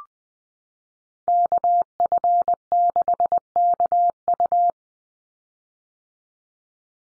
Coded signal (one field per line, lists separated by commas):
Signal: Morse code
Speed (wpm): 20 wpm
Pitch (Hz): 700 Hz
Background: none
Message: KF6KU